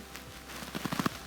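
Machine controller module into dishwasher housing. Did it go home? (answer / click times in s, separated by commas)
yes / 1.1 s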